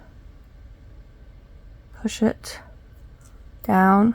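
The end bead of a metal ball chain is lined up in the small slot of a keychain clasp, ready to be pushed down. Only quiet handling is heard between moments when someone talks, with the loudest talking near the end. Nothing has seated or clicked yet.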